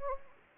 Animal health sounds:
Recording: mosquito wingbeat signal from an infrared sensor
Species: Anopheles gambiae

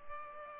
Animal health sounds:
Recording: mosquito wingbeat signal from an infrared sensor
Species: Culex pipiens

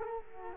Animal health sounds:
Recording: mosquito wingbeat signal from an infrared sensor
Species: Culex quinquefasciatus

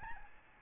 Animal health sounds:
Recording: mosquito wingbeat signal from an infrared sensor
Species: Aedes albopictus

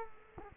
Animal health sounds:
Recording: mosquito wingbeat signal from an infrared sensor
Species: Culex quinquefasciatus

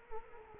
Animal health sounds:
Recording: mosquito wingbeat signal from an infrared sensor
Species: Culex quinquefasciatus

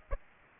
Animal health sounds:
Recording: mosquito wingbeat signal from an infrared sensor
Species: Aedes aegypti

